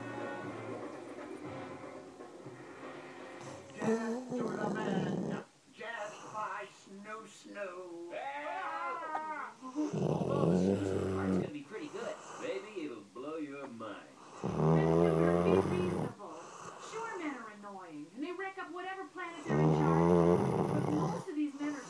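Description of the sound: A female dog snoring while asleep, with a television playing speech in the background.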